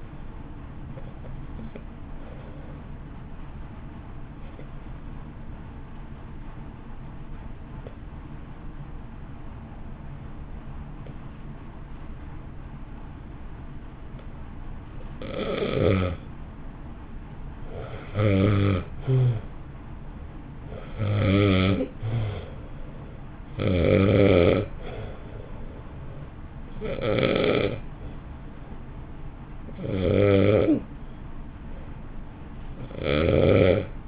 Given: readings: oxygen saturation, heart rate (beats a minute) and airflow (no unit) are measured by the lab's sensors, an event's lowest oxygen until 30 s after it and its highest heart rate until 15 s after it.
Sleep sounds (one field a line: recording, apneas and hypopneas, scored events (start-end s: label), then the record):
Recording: breathing in sleep by a smartphone at the bedside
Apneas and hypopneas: 1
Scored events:
6.00-21.80 s: hypopnea (N1, oxygen 95% highest, then 84% lowest)
29.00-34.08 s: new sleep stage, N2 (light sleep)
From the record:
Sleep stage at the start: N1 (lightest sleep)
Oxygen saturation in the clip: 85 to 95%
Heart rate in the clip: 51 to 60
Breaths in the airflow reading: 9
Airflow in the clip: -1.5 to 1.6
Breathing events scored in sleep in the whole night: 328 in 6.3 hours asleep